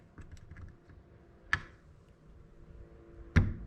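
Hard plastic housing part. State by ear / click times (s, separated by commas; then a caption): seated / 1.5 s, 3.4 s. A loose internal part of a Husqvarna 240 chainsaw that won't stay running is pressed down into its seat in the housing with a screwdriver, with faint light ticks early on. Two loud, sharp hits ring out at 1.5 s and 3.4 s as the part snaps fully into place. The part is now seated.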